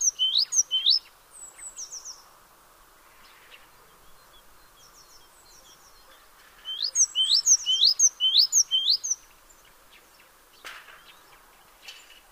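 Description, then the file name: Great tit calls, a few sharp high notes at the start and a longer burst midway, with a brief click near the end. "Parus major"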